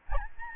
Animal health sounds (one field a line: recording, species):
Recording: mosquito wingbeat signal from an infrared sensor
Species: Aedes albopictus